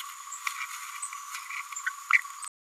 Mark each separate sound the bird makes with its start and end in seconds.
1.86-1.90, 2.13-2.19